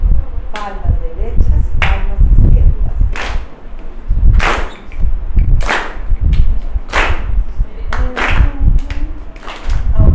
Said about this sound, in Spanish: Palmas y al frente encontrada. Tres, y palmas derecha, palma izquierda, palma encontrada, hombro muslo. Palma derecha, palma izquierda, palma encontrada, hombro muslo.